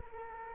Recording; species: mosquito wingbeat signal from an infrared sensor; Culex quinquefasciatus